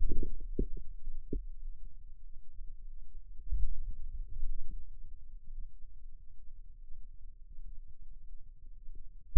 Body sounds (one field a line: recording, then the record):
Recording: forearm muscle sounds (acoustic myography)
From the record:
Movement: pen grasping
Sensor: system 2, bracelet of six BSWA MPA416 microphones around the upper forearm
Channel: 5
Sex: male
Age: 22 years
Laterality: right